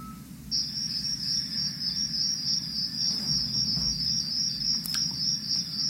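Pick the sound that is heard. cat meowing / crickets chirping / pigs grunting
crickets chirping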